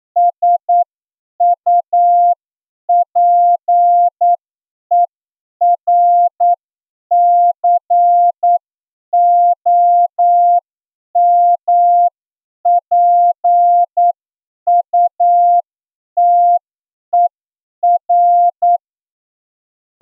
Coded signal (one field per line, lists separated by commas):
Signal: Morse code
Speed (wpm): 9 wpm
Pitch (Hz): 700 Hz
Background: none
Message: SUPERCOMPUTER